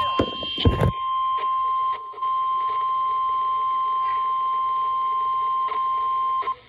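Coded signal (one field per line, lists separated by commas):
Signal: Emergency Alert System (SAME) tones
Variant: 1050 Hz attention tone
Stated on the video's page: Real EAS severe thunderstorm warning and watch received on NOAA weather radio stations.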